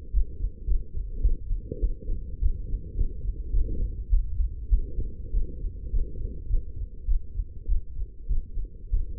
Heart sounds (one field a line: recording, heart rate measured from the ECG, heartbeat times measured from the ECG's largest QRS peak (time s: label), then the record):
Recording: heart sounds by stethoscope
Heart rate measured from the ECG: 102 bpm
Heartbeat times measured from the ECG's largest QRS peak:
0.12 s: heartbeat
0.65 s: heartbeat
1.21 s: heartbeat
1.80 s: heartbeat
2.40 s: heartbeat
2.95 s: heartbeat
3.51 s: heartbeat
4.10 s: heartbeat
4.69 s: heartbeat
5.31 s: heartbeat
5.91 s: heartbeat
6.48 s: heartbeat
7.06 s: heartbeat
7.66 s: heartbeat
8.27 s: heartbeat
8.90 s: heartbeat
From the record:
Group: healthy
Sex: female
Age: 19 years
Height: 163 cm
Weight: 51 kg